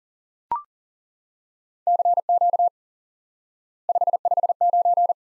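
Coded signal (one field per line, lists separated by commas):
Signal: Morse code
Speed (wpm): 40 wpm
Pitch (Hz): 700 Hz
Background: none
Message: CQ 559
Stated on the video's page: Instant word recognition lesson on common QSO elements: 559.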